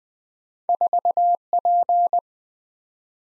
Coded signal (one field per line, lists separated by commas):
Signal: Morse code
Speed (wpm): 20 wpm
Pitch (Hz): 700 Hz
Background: none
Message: 4P